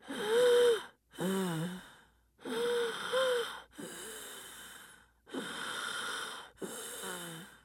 Wheeze.